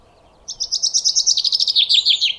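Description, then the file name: Common chaffinch song: a quick series of bright notes falling steadily in pitch. "Fringilla coelebs"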